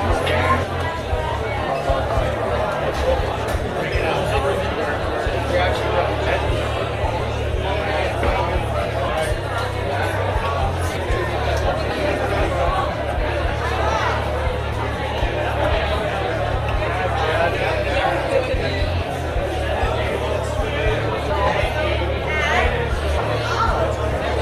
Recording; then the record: background sound without coughing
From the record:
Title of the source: CITY SOUNDS Busy Bar in the Evening Night - 2 HOURS of Ambiance for Relaxation